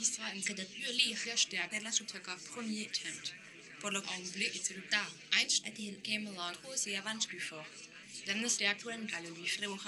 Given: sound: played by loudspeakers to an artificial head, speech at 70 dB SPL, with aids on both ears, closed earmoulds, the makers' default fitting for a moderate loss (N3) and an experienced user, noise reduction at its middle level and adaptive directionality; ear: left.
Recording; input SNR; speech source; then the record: speech test signal (ISTS) in cocktail-party noise; +9 dB; in front (0 degrees)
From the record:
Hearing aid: class 1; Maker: J